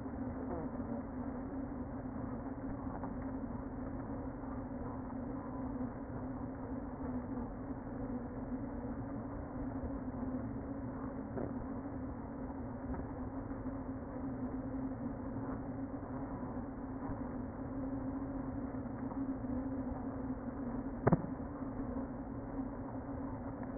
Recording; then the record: honeybee colony, microphone inside the hive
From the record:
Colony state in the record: queen present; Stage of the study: before two queens were removed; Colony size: about 60,000 bees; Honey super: yes